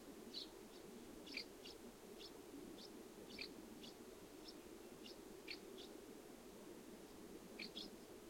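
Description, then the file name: Common house martin calls, short high chirps repeated at irregular intervals, over a constant low background hum. Recorded 20 July 2012. "Delichon urbicum - 2012-07-20"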